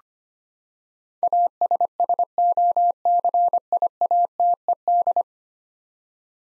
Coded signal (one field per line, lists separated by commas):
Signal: Morse code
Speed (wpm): 25 wpm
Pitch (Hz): 700 Hz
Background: none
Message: ASSOCIATED